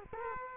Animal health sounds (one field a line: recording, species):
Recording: mosquito wingbeat signal from an infrared sensor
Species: Culex quinquefasciatus